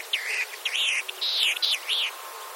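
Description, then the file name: Latham's snipe calling a string of several looping, wavering notes that rise and fall, over a steady hiss of background noise. "ojisigi"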